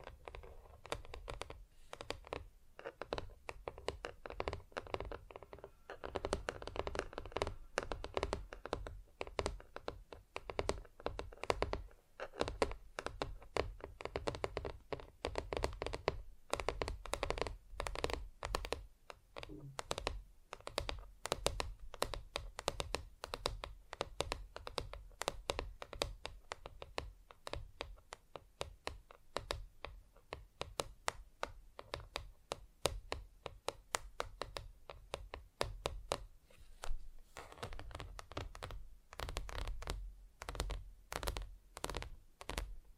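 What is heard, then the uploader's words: Fingers tap rapidly and continuously on surfaces, dense clicky strikes like typing, steady throughout with a low thudding undertone and no voices. ASMR Just Tapping (Different Surfaces No Talking).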